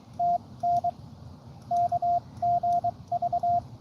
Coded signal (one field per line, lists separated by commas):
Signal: Morse code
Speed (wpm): 23 wpm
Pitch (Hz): 700 Hz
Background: none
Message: TN KGV